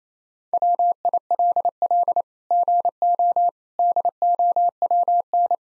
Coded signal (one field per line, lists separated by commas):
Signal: Morse code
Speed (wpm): 28 wpm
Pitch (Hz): 700 Hz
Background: none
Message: WILL GO DOWN